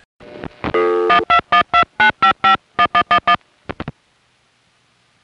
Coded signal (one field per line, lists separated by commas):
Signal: DTMF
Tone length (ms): 100 ms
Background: music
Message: 12129551111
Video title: Southern California Phone Tapes 1: #5 Crossbar in Van Nuys, Summer 1974